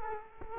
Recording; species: mosquito wingbeat signal from an infrared sensor; Culex quinquefasciatus